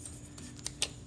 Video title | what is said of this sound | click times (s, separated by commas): John Deere 50 hour oil change plus home maintenance kit- simple and easy step by step guide | sure it clicks it's not touching the exhaust | 0.7 s, 0.8 s